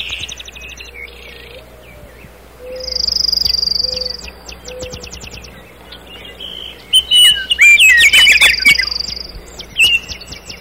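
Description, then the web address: Common nightingale song: short separated phrases of sharp chirps and a buzzy rattling trill, then a burst of rich varied whistles and clicks, with soft low whistles underneath. "rouxinol-comum canto do rouxinol-comum"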